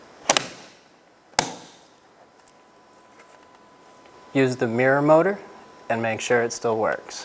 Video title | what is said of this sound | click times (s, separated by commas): How to Replace Side Mirror Glass 2012-2016 Subaru Impreza | line it up, and then you're going to have to push until you hear it click. | 0.3 s, 0.4 s, 1.4 s